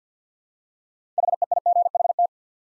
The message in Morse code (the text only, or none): HEIGHT